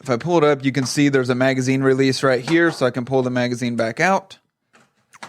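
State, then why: Seated. A rifle magazine is pulled out of a magazine loader's holder with its magazine release and slid back in so it stays put while loading. Someone talks until about 4.3 s, then a faint sound at 4.8 s is followed by a sharp snap at 5.2 s as the magazine seats in the holder.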